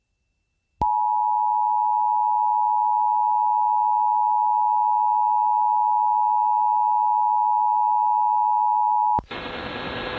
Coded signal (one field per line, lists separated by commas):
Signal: Emergency Alert System (SAME) tones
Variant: 853 and 960 Hz attention tone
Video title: Severe Thunderstorm Warning (Sheridan County, NE) (4/27/25) [EAS #153]